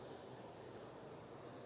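A demo auto-injector pen, with its cap removed, is pressed and held against a surface while its plunger and needle-lockout mechanism runs through the injection. Only steady, broadband background noise is heard, with no sharp transients. Nothing has clicked or locked out yet.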